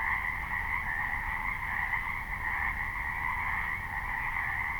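Frogs croak together without pause, forming an even, buzzing wall of sound that swells slightly, with a low background rumble.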